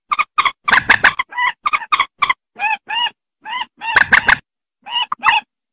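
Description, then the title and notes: Rail calls: a series of nasal, honking notes, each short and rich in overtones, with a few louder harsh squawks. "Kicau Burung Mandar"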